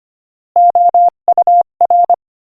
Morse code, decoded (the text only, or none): OUR